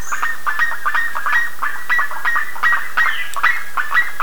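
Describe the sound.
Bird calls, short harsh notes around mid pitch repeated in quick succession, forming a steady chattering stream.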